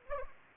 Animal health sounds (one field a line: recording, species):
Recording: mosquito wingbeat signal from an infrared sensor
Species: Anopheles arabiensis